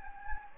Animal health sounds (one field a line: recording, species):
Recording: mosquito wingbeat signal from an infrared sensor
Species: Anopheles gambiae